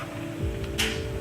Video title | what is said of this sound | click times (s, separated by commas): Pro V2 User Tutorial Part 2 | until you hear that clicking sound so that would be the hard way the | 0.8 s